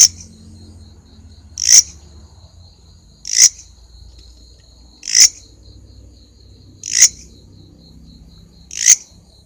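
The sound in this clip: Grasshopper rasps repeating about every two seconds over a steady high whine, with a low background rumble throughout.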